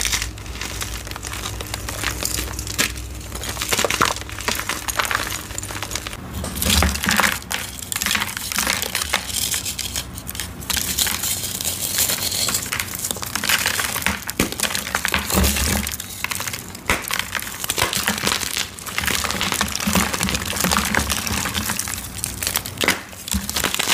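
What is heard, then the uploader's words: Gym chalk blocks are crushed with a dense, continuous crunching and crumbling that runs the full length. Sharp gritty snaps and cracks come every second or so, brighter bursts around 7, 15 and 17 seconds, over a low steady hum that shifts near six seconds. EVERY Citric Acid Dyed Gym Chalk Crush I've Done So Far! Satisfying crunchy sounds of gym chalk blocks being crushed by attractive hands.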